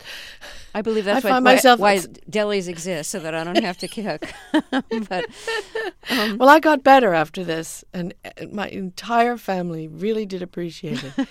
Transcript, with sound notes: I believe that's why delis exist, so that I don't have to cook. But...
(LAUGHTER)
Well, I got better after this, and my entire family really did appreciate it.